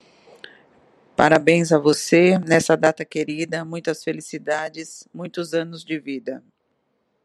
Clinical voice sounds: short text; Brazilian Portuguese; female; 50 to 59 years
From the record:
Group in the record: control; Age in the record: 53 years

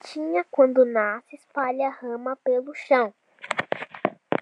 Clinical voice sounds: short text; Brazilian Portuguese; female; 18 to 19 years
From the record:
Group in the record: control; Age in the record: 19 years

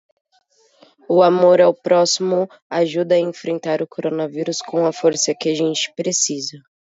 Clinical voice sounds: spoken sentence; Brazilian Portuguese; female; 20 to 29 years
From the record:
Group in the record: control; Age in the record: 28 years

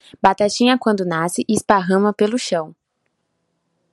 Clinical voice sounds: short text; Brazilian Portuguese; female; 20 to 29 years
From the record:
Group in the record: control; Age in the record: 20 years

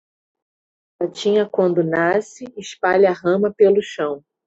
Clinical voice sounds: short text; Brazilian Portuguese; female; 18 to 19 years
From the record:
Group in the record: control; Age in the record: 19 years

